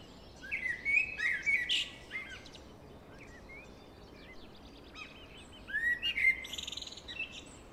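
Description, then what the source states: Blackbird singing two separate phrases, each a run of mellow warbled notes followed by squeaky high twitters, with a quiet gap of several seconds between them. Singing in deep forest.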